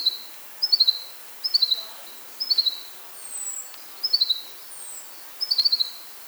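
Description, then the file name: Common chaffinch calls: short high phrases of a brief upper note followed by three or four quick descending ticks, repeated about once a second, over steady hiss. "Fringilla coelebs"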